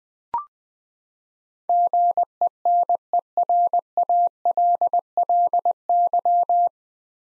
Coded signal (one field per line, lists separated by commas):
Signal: Morse code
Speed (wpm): 21 wpm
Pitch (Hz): 700 Hz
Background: none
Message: GENERALLY